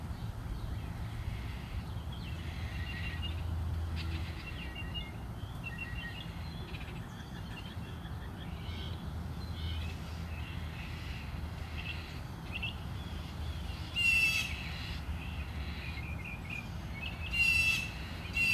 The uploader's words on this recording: More bird songs outside my house.